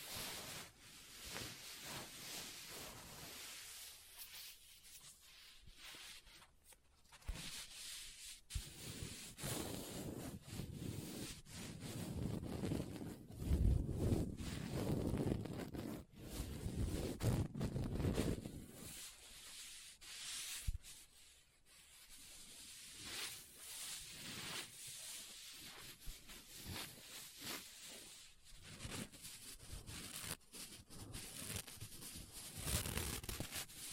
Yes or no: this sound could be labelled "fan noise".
no